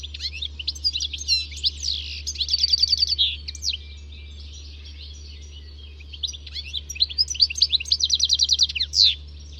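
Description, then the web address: Bird song in two bursts of high, rapid twittering and buzzy trills with sharp upslurred notes, separated by a pause of a few seconds; steady low hum underneath. "Deverinetal. Bird Only"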